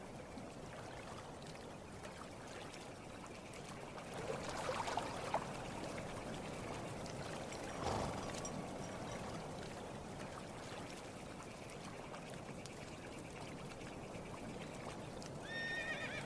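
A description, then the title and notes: Lake water laps and trickles steadily, a dense, even wash of small splashes. Around four to five seconds and again near eight, the sloshing swells briefly louder. Near the end, a faint high bird chirp sounds over the water. Calming lake ambience. Water lapping.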